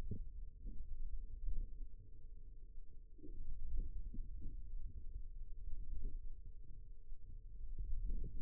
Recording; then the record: forearm muscle sounds (acoustic myography)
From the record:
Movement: radial deviation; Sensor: system 2, bracelet of six BSWA MPA416 microphones around the upper forearm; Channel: 4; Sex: female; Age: 22 years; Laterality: right